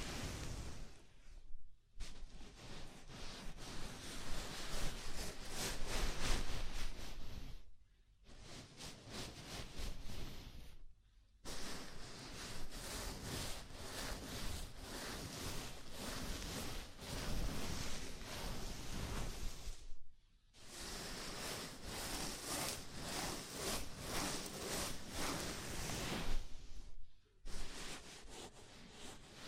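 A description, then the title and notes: Scalp massage: fingers rub through hair in a dense, bright scratchy rustle, steady for long stretches, broken by brief silent pauses every few seconds. ASMR Sleepy Scalp Massage (No Talking).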